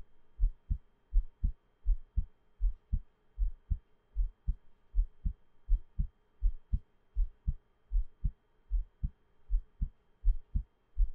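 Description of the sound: Steady paired low thumps of an adult's own heartbeat, about 84 beats a minute, with faint background hum and no talking.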